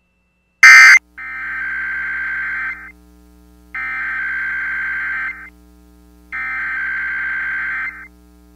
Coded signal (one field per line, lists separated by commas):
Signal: Emergency Alert System (SAME) tones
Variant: header bursts